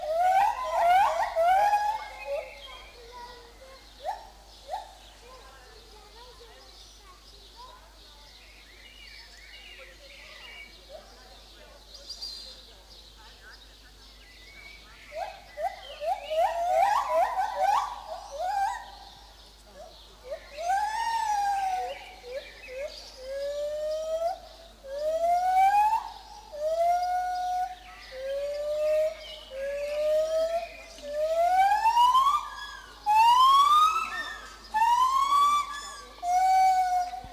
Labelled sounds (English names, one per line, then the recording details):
Lar Gibbon
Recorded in captivity
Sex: pair
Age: adult
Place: Zoo Berlin, Berlin, DE
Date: 2004-06-07 13:20
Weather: heiter bis wolkig, 23-25°C
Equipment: Sony WM-D6C, Sennheiser ME 80, Kopie Uher 4000 Report Monitor
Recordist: Tembrock, Günter